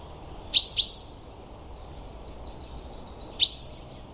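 Common chaffinch calls: sharp, metallic high notes, a quick double note followed about three seconds later by a single one, with quiet background hiss.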